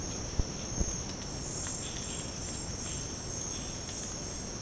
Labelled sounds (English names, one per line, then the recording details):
none
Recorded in secondary vegetation near Puerto Asís, Putumayo, Colombia, on 19 March 2025 at 07:00
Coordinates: 0.481, -76.318
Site G097